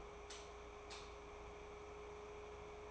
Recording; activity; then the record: daily activity, microphone in the room; light off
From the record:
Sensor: 1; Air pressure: 1010.3 hPa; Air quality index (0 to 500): 171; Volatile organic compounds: 12 ppm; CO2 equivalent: 2348 ppm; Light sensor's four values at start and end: 57/151/62/77 and 54/140/58/73